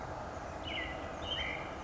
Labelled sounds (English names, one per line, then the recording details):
Oak Titmouse
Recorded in Sonoma County, California